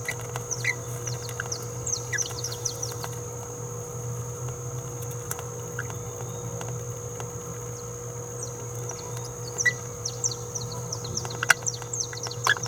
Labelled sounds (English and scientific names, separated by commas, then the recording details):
Green-rumped Parrotlet (Forpus passerinus) babbling
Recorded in a nest box in Venezuela
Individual 18B17A4